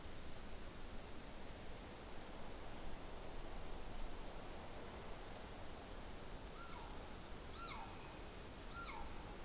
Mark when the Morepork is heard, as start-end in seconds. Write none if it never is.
6.49-6.93, 7.46-7.90, 8.62-9.13